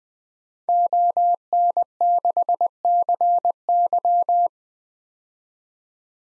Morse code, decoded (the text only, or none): ON6CY